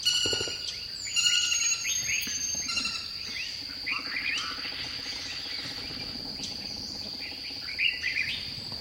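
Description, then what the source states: Bird song: a busy mix of quick chirps and warbled phrases, with a steady shrill insect drone underneath. Recorded in dipterocarp forest.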